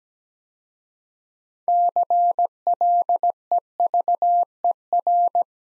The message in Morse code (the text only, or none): CLEVER